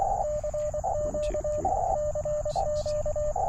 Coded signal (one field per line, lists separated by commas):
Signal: Morse code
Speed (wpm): 24 wpm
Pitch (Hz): 600 Hz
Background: radio noise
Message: CQ CQ